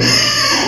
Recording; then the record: squeal of a Yucatan mini pig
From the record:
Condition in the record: before surgery on the right vocal fold (resection and tissue-engineered implant); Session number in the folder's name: 2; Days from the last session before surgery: 0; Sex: male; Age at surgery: 12 weeks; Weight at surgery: 13 kg